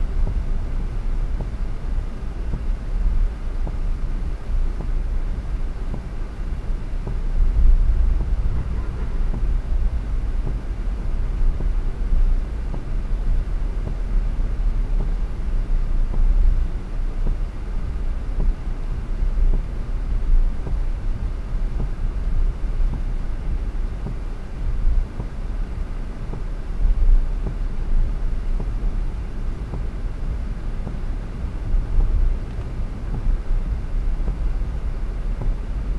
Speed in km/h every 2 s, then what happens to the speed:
51, 50, 48, 47, 47, 50, 51, 50, 50, 49, 50, 48, 48, 49, 48, 46, 48, 47.
0-36 steady at about 48.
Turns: none.